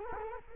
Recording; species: mosquito wingbeat signal from an infrared sensor; Culex quinquefasciatus